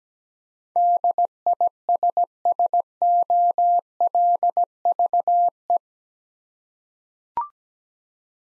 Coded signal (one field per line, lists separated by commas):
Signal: Morse code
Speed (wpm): 17 wpm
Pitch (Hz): 700 Hz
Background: none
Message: DISSOLVE